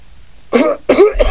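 Two short, harsh cough bursts from an adult in close succession, the second slightly longer, in a quiet room.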